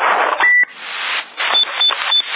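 A short electronic CB radio beep cuts through steady, hissy transmission static on a CB channel in Sassari in January 2010, followed by a few faint, brief high tones as the noisy open channel continues with no one talking.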